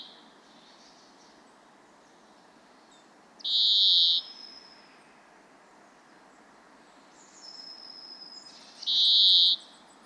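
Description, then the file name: European greenfinch calling with two harsh, buzzy, level wheezes about five seconds apart, the first followed and the second preceded by a faint thin high whistle, against soft background hiss. "Chloris chloris"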